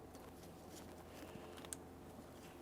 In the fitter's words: Once you press it in, listen for an audible click, a light tug confirming it's secured in place.